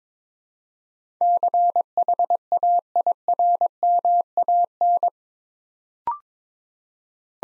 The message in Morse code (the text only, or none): CHAIRMAN